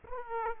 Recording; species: mosquito wingbeat signal from an infrared sensor; Aedes aegypti